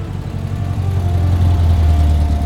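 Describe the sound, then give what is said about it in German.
A car engine rumbles low and steady as Ramón parks the car in Coyoacán, October 1939, by the blue house of Diego Rivera and Frida Kahlo; the humming drone swells slightly after the first second and holds through the end, with no voices. “Ramon parkte und schloss den Wagen ab.”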